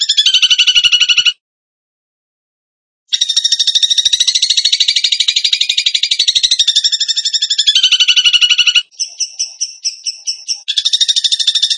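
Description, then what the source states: Songbird delivering long, high, fast chattering trills that shift in pitch, separated by one clear pause, ending in spaced sharp notes and more trilling. Masteran (training recording) of bird song in tembakan gacor style.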